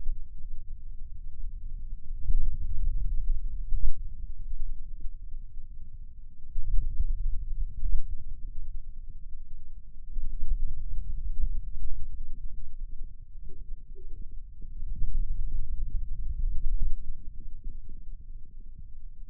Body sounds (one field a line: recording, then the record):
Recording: forearm muscle sounds (acoustic myography)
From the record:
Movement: finger pinch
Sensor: system 2, bracelet of six BSWA MPA416 microphones around the upper forearm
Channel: 1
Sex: male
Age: 22 years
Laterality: right